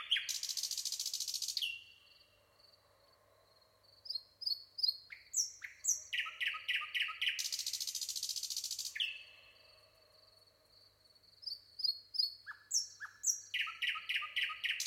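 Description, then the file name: Common nightingale sings two long harsh buzzing rattles separated by runs of quick repeated chirps and thin whistles, over a faint steady high background tone. "Luscinia megarhynchos"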